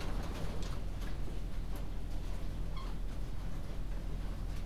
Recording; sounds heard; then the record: poultry house recording; healthy chickens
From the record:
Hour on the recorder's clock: 21